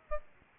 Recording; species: mosquito wingbeat signal from an infrared sensor; Aedes albopictus